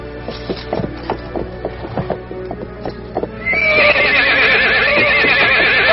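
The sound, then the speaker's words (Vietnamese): Hooves clop in a steady, uneven rhythm for a few seconds, then a white horse being ridden lets out a loud, shrill, wavering neigh that carries to the end, with no one talking. “Tại sao lại cưỡi ngựa chấn như vậy? Ngựa này đã thuần phục nhiều năm rồi, chưa bao giờ như vậy.”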